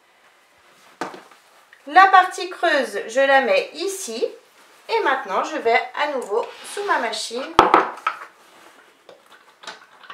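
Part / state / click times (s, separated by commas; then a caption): metal snap-setting die into hand press holder / seated / 8.1 s. A hollow metal die is slid into the upper holder of a hand snap press while someone talks. A small sharp click at 8.1 s marks the die seating properly in place, ready for pressing a magnetic snap button.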